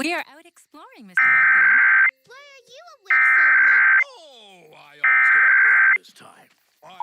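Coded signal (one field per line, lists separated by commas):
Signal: Emergency Alert System (SAME) tones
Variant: header bursts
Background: speech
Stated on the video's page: Required Monthly Test received on Little Rock, Arkansas television stations, originated by the statewide PBS member network.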